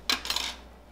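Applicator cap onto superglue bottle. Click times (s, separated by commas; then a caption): 0.1 s. The brush-applicator cap is pressed onto a superglue bottle, giving a sharp click at 0.1 s followed by a few smaller clicks and rattles over the next quarter second. The cap seats with one click instead of screwing onto threads, which keeps the bottle from clogging.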